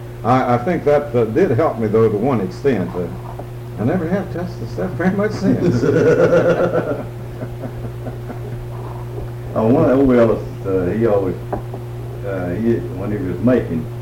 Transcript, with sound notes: I think that did help me, though, to one extent--I never have touched the stuff very much since.
(laughs) One one of old Ellis--he always, when he was making,